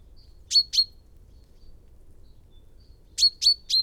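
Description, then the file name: Common chaffinch with abrupt high call notes, a pair followed after a pause by three in quick succession. "Fringilla coelebs"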